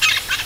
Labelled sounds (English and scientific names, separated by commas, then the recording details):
Brown-throated Parakeet (Eupsittula pertinax) contact call
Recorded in Venezuela
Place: Guárico; Corozopando; Fundo La Fe
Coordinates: 8.506, -67.593